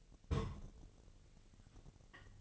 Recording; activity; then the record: daily activity, microphone in the room; place on stove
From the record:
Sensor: 4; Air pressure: 1000.1 hPa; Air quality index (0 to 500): 217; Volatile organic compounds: 24 ppm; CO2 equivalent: 2799 ppm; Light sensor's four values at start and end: 9/20/8/8 and 9/20/8/7